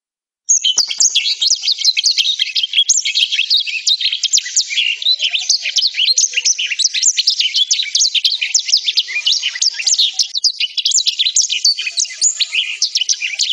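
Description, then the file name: Black-throated canary song: a long, unbroken stream of rapid high twitters, trills and chirps, starting after a brief pause and running to the end. "suara burung blackthroat"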